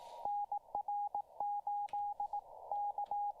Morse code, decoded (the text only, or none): NR 8 K